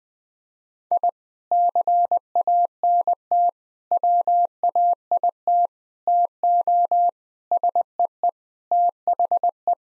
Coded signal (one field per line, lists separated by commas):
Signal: Morse code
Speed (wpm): 20 wpm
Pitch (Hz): 700 Hz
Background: none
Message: I CANT WAIT TO SEE THE